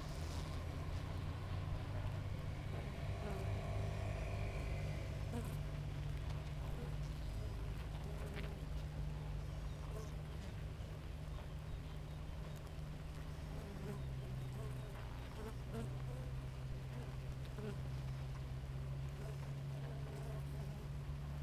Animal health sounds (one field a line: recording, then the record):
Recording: honeybee colony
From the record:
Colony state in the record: active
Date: 28 July 2017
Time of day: 5:33